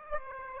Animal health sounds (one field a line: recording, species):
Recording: mosquito wingbeat signal from an infrared sensor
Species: Aedes aegypti